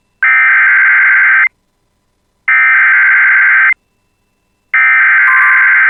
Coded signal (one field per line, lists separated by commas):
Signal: Emergency Alert System (SAME) tones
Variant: header bursts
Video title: [EAS] Severe Thunderstorm Warning For Hubbard County (Park Rapids) (6/10/2026)